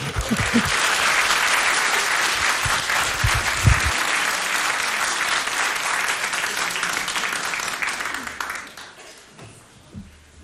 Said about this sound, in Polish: Grzegorz Halama. Można jeszcze raz. Oklaski. Można.